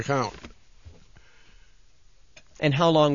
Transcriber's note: his papers rustle